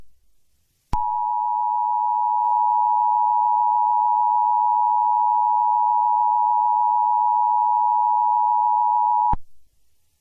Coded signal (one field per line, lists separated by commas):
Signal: Emergency Alert System (SAME) tones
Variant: 853 and 960 Hz attention tone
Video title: EAS Scenario #10: The Second Battle of Gettysburg